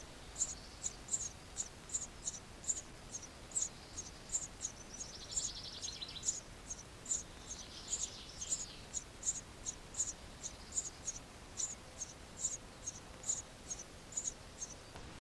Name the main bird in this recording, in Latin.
Passer montanus